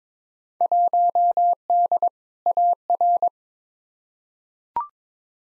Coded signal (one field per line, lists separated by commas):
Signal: Morse code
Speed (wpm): 22 wpm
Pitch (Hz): 700 Hz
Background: none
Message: 1D AR